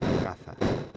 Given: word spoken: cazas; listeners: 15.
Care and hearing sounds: one Spanish word in noise, from a listening test; noise modulated by one talker; -10.2 dB; 0 of 15; 11 of 15; 0.57 s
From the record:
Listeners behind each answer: 11, 2, 1, 1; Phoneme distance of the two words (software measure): 7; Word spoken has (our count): 2 syllables, 5 phonemes, stress on syllable 1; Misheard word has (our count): 2 syllables, 4 phonemes, stress on syllable 1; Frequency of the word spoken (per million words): 1.31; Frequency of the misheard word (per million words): 25.39

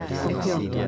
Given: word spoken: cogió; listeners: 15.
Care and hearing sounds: one Spanish word in noise, from a listening test; eight-talker babble; -1.8 dB; 0 of 15; 6 of 15; 0.48 s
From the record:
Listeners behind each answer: 6, 1, 1, 1, 1, 1, 1, 1, 1, 1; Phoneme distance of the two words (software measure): 44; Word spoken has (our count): 2 syllables, 5 phonemes, stress on syllable 2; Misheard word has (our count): 2 syllables, 7 phonemes, stress on syllable 2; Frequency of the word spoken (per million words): 12.93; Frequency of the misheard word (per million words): 19.55

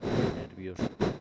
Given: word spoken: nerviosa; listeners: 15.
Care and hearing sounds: one Spanish word in noise, from a listening test; noise modulated by one talker; -9.0 dB; 0 of 15; 13 of 15; 0.81 s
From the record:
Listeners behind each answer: 13, 1, 1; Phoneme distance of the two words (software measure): 10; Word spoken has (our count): 3 syllables, 8 phonemes, stress on syllable 2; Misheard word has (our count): 3 syllables, 8 phonemes, stress on syllable 2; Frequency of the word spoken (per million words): 18.37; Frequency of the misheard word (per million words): 31.42

